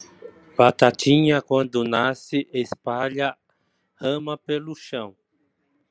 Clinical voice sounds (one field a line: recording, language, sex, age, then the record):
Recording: short text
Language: Brazilian Portuguese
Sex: male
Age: 40 to 49 years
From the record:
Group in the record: control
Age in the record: 47 years